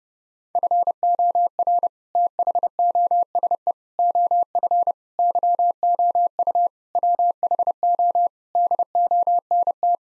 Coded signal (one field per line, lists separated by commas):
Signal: Morse code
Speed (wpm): 32 wpm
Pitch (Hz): 700 Hz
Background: none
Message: FOR THOSE OF YOU WHO DONT